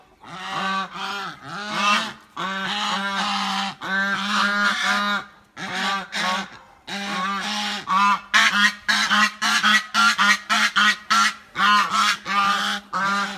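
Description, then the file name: Goose giving a long series of loud nasal honks, becoming faster and choppier in the second half with short staccato calls. "Tieng ngong keu"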